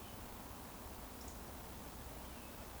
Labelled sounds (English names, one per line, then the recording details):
Eurasian Woodcock whistle
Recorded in Baden-Württemberg, Germany, on 24 June 2020 at 19:46 UTC
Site 14569, 102 m above sea level